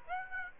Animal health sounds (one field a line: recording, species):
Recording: mosquito wingbeat signal from an infrared sensor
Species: Aedes aegypti